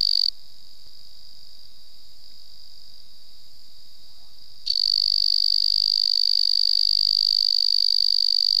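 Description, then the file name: Weidholz's banana frog call: a short bit of high buzzing, a long quiet gap, then a sustained, finely pulsed high trill running to the end. "Afrixalus weidholzi"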